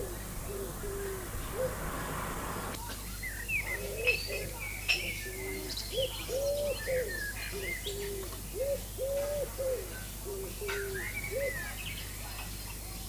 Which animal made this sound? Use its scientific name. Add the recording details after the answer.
Columba palumbus. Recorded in the wild. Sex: male. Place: Lübars, Benekendorffstraße, Berlin, DE. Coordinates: 52.6167, 13.3469. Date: 2004-05-01 18:30. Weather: sunny, 21°C. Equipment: Fair Mate ST-1328 (Asahi Electronics, Japan), Sennheiser ME 80, Kopie Uher 4000 Report Monitor. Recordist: Tembrock, Günter